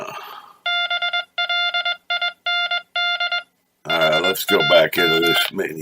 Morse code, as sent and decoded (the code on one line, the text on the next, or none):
-... .-.. .. -. -.. / .... .- --
BLIND HAM